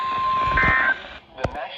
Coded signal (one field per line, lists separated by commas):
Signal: Emergency Alert System (SAME) tones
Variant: end-of-message bursts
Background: speech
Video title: PURE CHAOS 3!! | EAS Alerts from 5/20/26